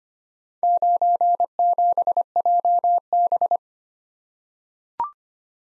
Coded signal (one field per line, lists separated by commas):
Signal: Morse code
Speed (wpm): 25 wpm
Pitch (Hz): 700 Hz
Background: none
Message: 97JB